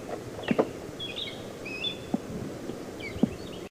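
Osprey calls: thin high whistled chirps, a short run in the middle and another near the end, with a few dull low thumps and background rustle.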